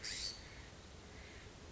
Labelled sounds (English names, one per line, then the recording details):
California Scrub-Jay
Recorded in Sonoma County, California